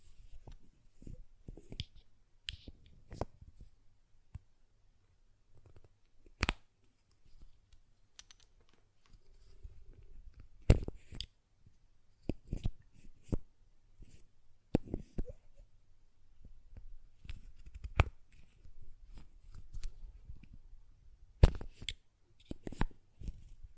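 Glass perfume bottle being tapped and handled, with its lid clicking and knocking. Sharp, bright taps come irregularly throughout, some sparse and soft, others in quick clusters, with louder knocks near 7, 11, 18 and 22 seconds over a faint low hum.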